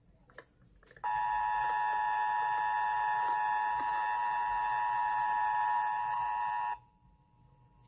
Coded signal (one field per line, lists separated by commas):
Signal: Emergency Alert System (SAME) tones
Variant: 853 and 960 Hz attention tone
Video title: EAS Scenario: Joyful Virus